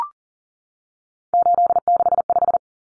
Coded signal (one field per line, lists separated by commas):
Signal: Morse code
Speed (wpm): 40 wpm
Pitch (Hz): 700 Hz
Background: none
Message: 865